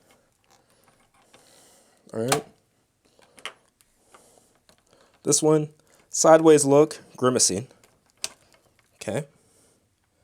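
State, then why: Seated. Someone talks while pushing a swap head with a sideways-look, grimacing face onto the neck peg of a plastic Bandai S.H. Figuarts Krillin (2.0, newest version) action figure. Faint handling ticks come before a sharp snap at 8.2 s as the interchangeable head seats on the neck joint.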